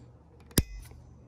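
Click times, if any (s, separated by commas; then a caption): 0.6 s. On a 2014 Buick LaCrosse, the plastic locking clip on the wiper arm is pressed down to lock the slid-on wiper blade in place. Two faint ticks at 0.4 and 0.5 s lead into a sharp snap at 0.6 s, and the blade clip is locked to the arm.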